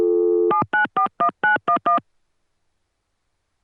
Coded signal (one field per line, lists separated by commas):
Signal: DTMF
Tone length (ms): 120 ms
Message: 7941911